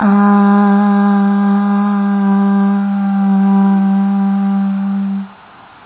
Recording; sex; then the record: sustained vowel /a/; female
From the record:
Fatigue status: no fatigue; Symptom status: asymptomatic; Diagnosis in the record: COVID-19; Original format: 3gp